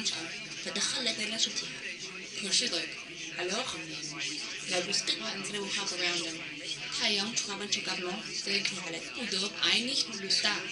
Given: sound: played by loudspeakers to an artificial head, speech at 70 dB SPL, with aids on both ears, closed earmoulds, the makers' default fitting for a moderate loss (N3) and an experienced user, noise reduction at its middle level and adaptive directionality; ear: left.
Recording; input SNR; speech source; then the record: speech test signal (ISTS) in cocktail-party noise; +6 dB; on the right (90 degrees)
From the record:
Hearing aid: class 1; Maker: B